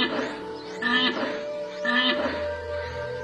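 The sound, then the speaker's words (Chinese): Two harsh, harmonic calls of the West African black rhinoceros, a subspecies extinct since 2011, each about half a second long and a second apart, rise over a steady, soft musical drone. “西非黑犀牛于2011年灭绝。”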